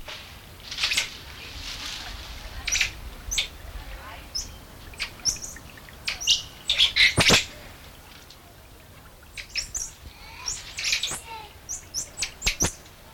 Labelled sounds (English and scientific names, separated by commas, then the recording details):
Common Squirrel Monkey (Saimiri sciureus) call
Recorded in captivity
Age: adult
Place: Tiergarten Nürnberg, Bayern, DE
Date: 1993-09-14 17:27
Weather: 12 °C, bedeckt
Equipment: Marantz CP 430, Sennheiser MKH 416 T, Kopie Uher Variocord 263
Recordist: Tembrock, Günter